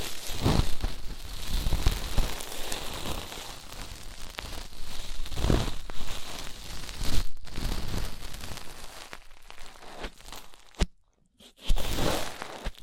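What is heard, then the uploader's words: Ear-treatment ASMR with dense, crackly rustling and crunching, like fingers working against a microphone, running almost without a break. Deeper thumps land near the half-second mark, at two seconds, at five and a half and around seven. Everything cuts to silence briefly near eleven seconds, then the scratching returns. ASMR Deep Ear Treatment for Sleep (No Talking).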